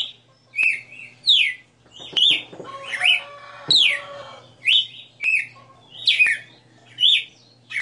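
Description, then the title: Red-cowled cardinal song: short, bright whistled notes, many sliding down, given in quick succession. Female singing. "Canto Galo Campina Fêmea. Galo de Campina 60 NOTAS Cantando Ao vivo"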